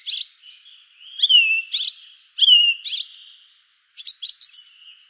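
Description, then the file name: European Goldfinch song: bright chirps alternating with sliding twittered notes, then a short stuttering cluster of high calls. "Cardellino"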